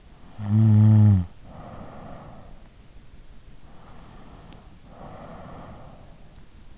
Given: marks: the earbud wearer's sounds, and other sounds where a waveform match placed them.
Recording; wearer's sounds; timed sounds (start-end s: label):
sounds in sleep by an in-ear microphone; breath, snoring breath
0.29-2.58 s: breath
3.60-6.31 s: snoring breath